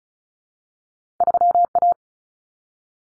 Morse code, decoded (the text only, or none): 3A